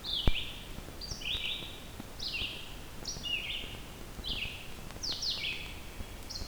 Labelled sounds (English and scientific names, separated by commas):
Red-eyed Vireo (Vireo olivaceus) song